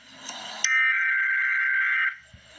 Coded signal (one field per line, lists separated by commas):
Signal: Emergency Alert System (SAME) tones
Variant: header bursts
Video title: Emergency Alert System - Dense Fog Advisory - Feb 15, 2026 at 9:13 PM EST